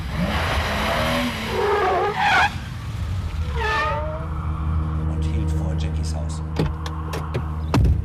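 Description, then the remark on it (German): A green MG sports car roars down Holland Park Avenue at speed with rising and falling harmonic whines, followed by squealing tire sounds and a steady low idle rumble with a few sharp clicks. “Eine knappe halbe Stunde später kam ein grüner MG mit hohem Tempo die Holland Park Avenue herunter.”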